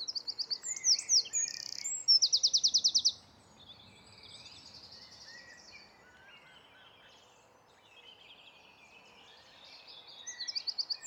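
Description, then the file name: Eurasian wren song at the start, shrill notes and a rapid rattling trill, followed by a long quiet stretch and a faint new burst near the end. "Troglodytes troglodytes"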